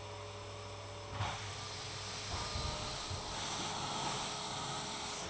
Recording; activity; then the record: daily activity, microphone in the room; vacuum cleaning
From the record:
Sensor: 1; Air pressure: 1010.2 hPa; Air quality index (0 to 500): 173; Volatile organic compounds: 13 ppm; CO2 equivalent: 2381 ppm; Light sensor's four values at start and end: 52/134/55/69 and 51/133/55/69